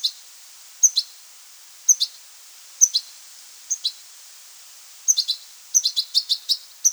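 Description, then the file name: European goldfinch uttering bright, high twittering notes, single and paired at first, then a rapid burst of several chirps near the end; faint hiss throughout. "Carduelis carduelis"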